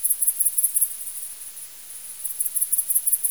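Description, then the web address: Bat calls as rapid high-pitched pulses, easing off midway and then resuming strongly. Recorded on 20 August 2018 with a bat detector. "Bat Explorer recordings 20-08-2018"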